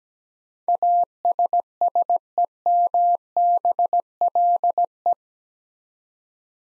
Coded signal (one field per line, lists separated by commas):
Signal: Morse code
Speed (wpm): 17 wpm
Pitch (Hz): 700 Hz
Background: none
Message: ASSEMBLE